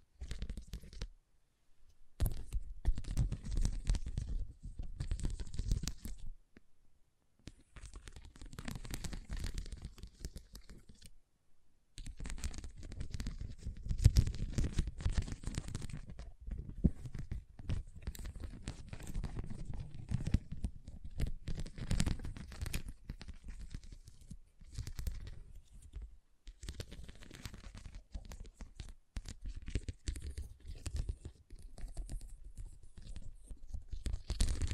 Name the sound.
Scratching & Tracing